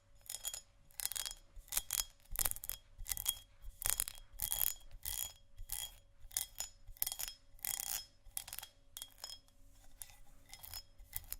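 Textured glass is scratched and tapped in a quick, irregular series of bright, rasping strokes, roughly one or two per second, with short gaps between. A faint steady hum runs underneath throughout, and a few strokes ring out with a brief metallic edge.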